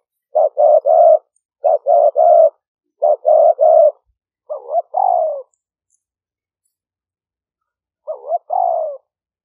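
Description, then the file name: Spotted dove coos in quick triplets of rounded notes, then slower paired coos with a dipping first note and a long falling second, after a pause. Vietnamese call style named '5 hậu'. "tieng-cu-gay-5-hau"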